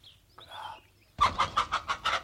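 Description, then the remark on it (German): A hen clucks in a quick, loud series of about six sharp, evenly spaced clucks, preceded by a softer, murmuring cackle. “Verdammte Henne.”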